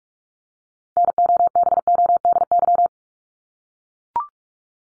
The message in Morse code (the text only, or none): NOBODY